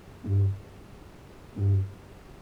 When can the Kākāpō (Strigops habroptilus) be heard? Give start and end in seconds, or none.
0.00-2.41